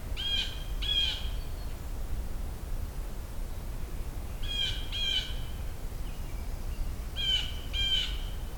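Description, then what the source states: Common Loon flight calls: three pairs of short, harsh, harmonic notes, spaced a few seconds apart. Flyover heard inland during a hike; loons vocalize a lot when flying over.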